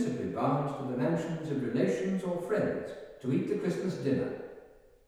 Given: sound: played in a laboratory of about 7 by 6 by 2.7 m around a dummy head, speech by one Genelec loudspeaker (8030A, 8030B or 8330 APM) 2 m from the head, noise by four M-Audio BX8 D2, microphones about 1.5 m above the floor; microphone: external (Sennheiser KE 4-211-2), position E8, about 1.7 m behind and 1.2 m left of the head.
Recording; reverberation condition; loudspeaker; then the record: male speech in English; high; in front (0 degrees)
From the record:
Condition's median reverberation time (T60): about 1300 ms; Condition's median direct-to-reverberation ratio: about -4.0 dB